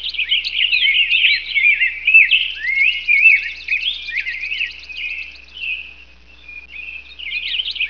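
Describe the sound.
Bird singing a long, fast, high-pitched twittering stream of chirps and warbled notes, rising and falling in loudness without pause.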